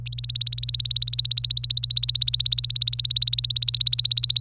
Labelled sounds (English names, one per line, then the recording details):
Domestic Canary song
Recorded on 25 April 2018 at 14:19
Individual llb3